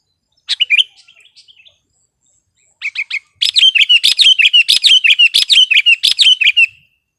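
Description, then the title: Sooty-headed bulbul song: a few bubbly notes, a pause, then a quick run of short chirpy phrases repeated steadily for about three seconds. "kutilang"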